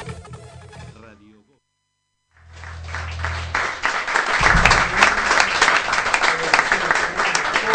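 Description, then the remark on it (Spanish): A voice speaks briefly, then after a short silence an audience breaks into loud, sustained applause for the musicians, a dense crackle of many hands clapping that swells and keeps going. “Así que fuerte el aplauso y a todos estos músicos que hicieron.”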